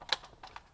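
On a BMW E90 during a dashboard trim replacement, the small wiring connector is plugged into the dashboard trim switch after the larger connector. A sharp, bright click at 0.1 s marks it snapping into place, followed by fainter ticks around 0.4, 0.6 and 0.8 s. The small connector is seated.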